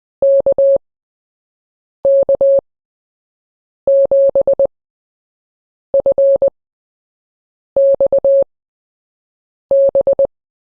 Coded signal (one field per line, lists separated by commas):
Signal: Morse code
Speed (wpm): 20 wpm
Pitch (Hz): 550 Hz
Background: none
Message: KK7FXB